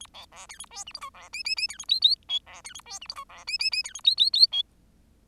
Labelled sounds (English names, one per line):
Bengalese Finch song